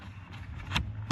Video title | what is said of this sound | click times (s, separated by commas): install ac heater blower | you hear click. So now it's all set, and | 1.1 s